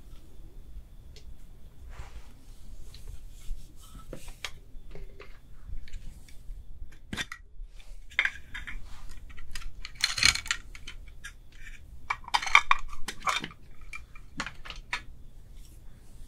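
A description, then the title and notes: Makeup is applied with no talking: sparse taps, clicks and light clinks of containers and tools, with short brushy swishes between them. A low steady hum runs underneath. The sounds cluster more densely and get louder around ten seconds and again near thirteen. ASMR Makeup Artist Does Your MAKEUP (Layered + No Talking).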